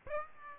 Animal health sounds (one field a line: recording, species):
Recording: mosquito wingbeat signal from an infrared sensor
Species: Aedes aegypti